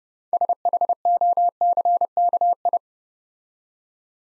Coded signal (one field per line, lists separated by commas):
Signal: Morse code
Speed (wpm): 30 wpm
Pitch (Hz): 700 Hz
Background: none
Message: SHOCKI